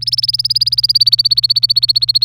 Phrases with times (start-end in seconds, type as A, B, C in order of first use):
0.01-2.24 A